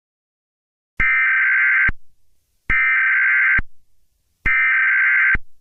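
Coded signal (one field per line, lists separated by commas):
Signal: Emergency Alert System (SAME) tones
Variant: header bursts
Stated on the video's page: Fictional emergency alert for a citywide fear gas attack, part of a Lego Batman brick film teaser.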